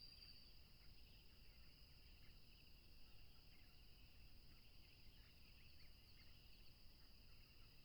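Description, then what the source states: Crickets produce a dense, unchanging high trill at two pitches, with only faint chirps in the background. Several crickets recorded at a tropical river.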